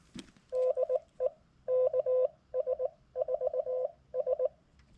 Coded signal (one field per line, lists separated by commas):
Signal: Morse code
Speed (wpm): 19 wpm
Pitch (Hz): 510 Hz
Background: none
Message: DE KS4S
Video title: Battle of the budget busters! Which radio would I prefer to listen to (KX2 vs TX-500)?